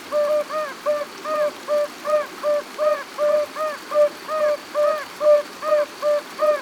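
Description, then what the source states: Yellow-bellied toads calling, mellow brief 'oop' notes repeated steadily over a faint constant background hiss. Glueyre valley, Ardèche.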